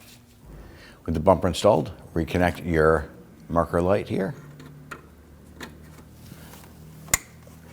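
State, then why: Seated. With the bumper installed on a 2010-2019 Ford Taurus during radiator replacement, the plastic electrical connector for the side marker light is pushed into the marker light socket while someone talks. A few faint taps follow, then a sharp click at 7.1 s as the connector seats in place.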